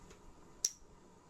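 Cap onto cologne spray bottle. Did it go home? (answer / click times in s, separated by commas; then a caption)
yes / 0.7 s. A cap is pressed onto a Givenchy Gentleman EDT Intense cologne spray bottle and clicks into place with a sharp, short click at 0.6 s. A second, fainter click follows at 1.3 s. The cap is seated.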